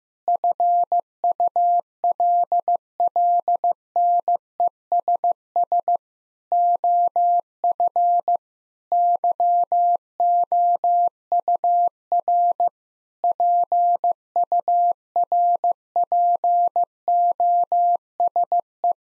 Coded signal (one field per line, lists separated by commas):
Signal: Morse code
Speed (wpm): 15 wpm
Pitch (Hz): 700 Hz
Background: none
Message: FULLNESS OF YOUR PURPOSE